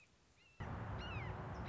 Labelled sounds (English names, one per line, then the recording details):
Red-shouldered Hawk
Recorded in Sonoma County, California